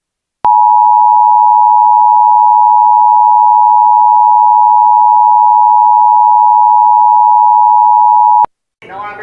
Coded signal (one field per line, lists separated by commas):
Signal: Emergency Alert System (SAME) tones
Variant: 853 and 960 Hz attention tone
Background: speech